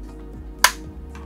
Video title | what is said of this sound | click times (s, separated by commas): Hyper X Cloud Flight and Alloy FPS - Is this the ultimate gaming setup ? | very good quality as you can hear it just clicks into place and then it's got rubber feet there so | 0.6 s